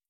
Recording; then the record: hydrophone in a shrimp aquaculture tank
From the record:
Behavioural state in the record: starved